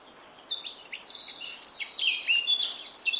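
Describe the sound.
Eurasian Blackcap warbling, a quick continuous run of scratchy and clear high notes starting half a second in and carrying through the end.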